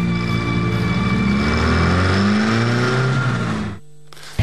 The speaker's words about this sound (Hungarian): gyerünk fürödni, majd belehajtja az autót a tengerbe.